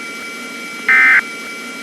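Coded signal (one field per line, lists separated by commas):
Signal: Emergency Alert System (SAME) tones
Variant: end-of-message bursts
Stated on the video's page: Fictional Christmas EAS scenario with valid tones.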